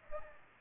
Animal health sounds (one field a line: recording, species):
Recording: mosquito wingbeat signal from an infrared sensor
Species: Aedes aegypti